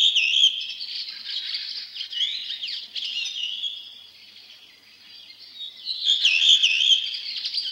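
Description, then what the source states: Redwing song, a run of high twittering and chattering phrases with a louder burst near the end. Sings tirelessly in old parks and forest clearings; song begins with a loud whistled trill followed by quiet chattering.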